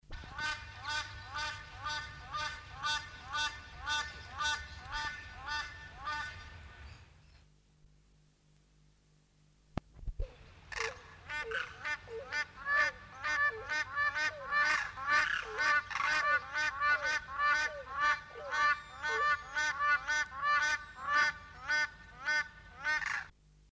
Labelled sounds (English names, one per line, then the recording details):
Black Crowned Crane call
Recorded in captivity
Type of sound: call
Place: Zoo Hannover, Niedersachsen, DE
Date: 1970-08-25
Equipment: Halbspur, 9,5 cm/s
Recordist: Lütgens, Hans
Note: Erregter Ruf. Zoo Hannover